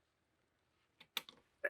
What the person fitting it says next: it kind of slides and snaps into place